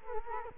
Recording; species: mosquito wingbeat signal from an infrared sensor; Culex quinquefasciatus